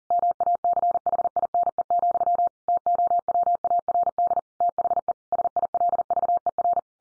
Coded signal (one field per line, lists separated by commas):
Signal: Morse code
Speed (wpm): 40 wpm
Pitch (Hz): 700 Hz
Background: none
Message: MACHINE, TOWARD THE SILVER